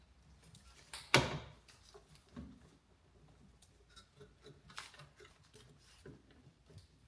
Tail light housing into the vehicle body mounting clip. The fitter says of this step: make sure it snaps in place